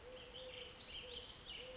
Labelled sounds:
Eurasian Collared Dove (Streptopelia decaocto)
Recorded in Sonoma County, California

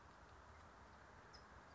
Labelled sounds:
California Towhee (Melozone crissalis)
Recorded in Sonoma County, California

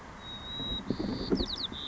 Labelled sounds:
White-crowned Sparrow (Zonotrichia leucophrys)
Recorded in Sonoma County, California

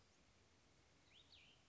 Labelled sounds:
Cassin's Vireo (Vireo cassinii)
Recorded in Sonoma County, California

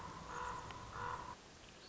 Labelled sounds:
Common Raven (Corvus corax)
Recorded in Sonoma County, California

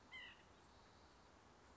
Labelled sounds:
White-breasted Nuthatch (Sitta carolinensis)
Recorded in Sonoma County, California

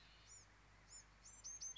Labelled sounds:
Bewick's Wren (Thryomanes bewickii)
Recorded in Sonoma County, California

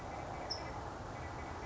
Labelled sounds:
California Towhee (Melozone crissalis)
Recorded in Sonoma County, California

